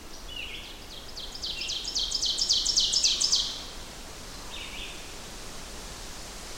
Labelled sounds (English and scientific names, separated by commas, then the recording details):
Ovenbird (Seiurus aurocapilla) song
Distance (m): 25 m
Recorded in boreal forest in Alberta, Canada, on 14 June 2016 at 07:20
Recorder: SongMeter 3, array SBT-3-33
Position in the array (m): 96 m, 142 m
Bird 21